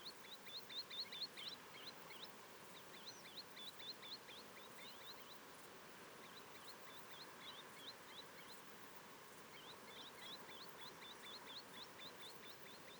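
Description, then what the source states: Green sandpiper song, rapid bursts of high yodelling notes with a lower note under each, repeating in several runs throughout over a constant background hiss. One bird singing, with lower-pitched calls; Portland, 18 August 2022.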